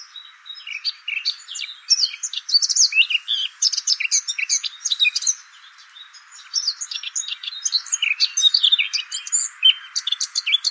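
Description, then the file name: Eurasian blackcap delivering long runs of dense, chattering warbles, with a short quieter gap partway before the song resumes. "Sylvia atricapilla"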